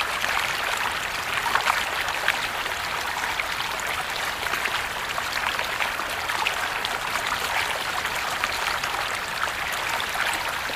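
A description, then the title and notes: Water runs steadily from a bamboo fountain, a dense, even trickle and splash that holds the same level throughout. The sound sits mostly in the bright middle and upper range, with quick droplet clicks scattered through it and little low rumble underneath. The soothing sound of a bamboo water fountain in this 8-hour nighttime ambience. Listen as the running water cascades down the bamboo stalks, creating a peaceful and calming sound.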